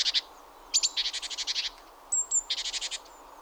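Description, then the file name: Great tit churring calls: bursts of harsh buzzy rattling notes repeated in quick series, with thin high whistles between them. "Parus major"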